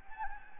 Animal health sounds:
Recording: mosquito wingbeat signal from an infrared sensor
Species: Anopheles gambiae

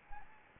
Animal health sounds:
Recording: mosquito wingbeat signal from an infrared sensor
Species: Anopheles gambiae

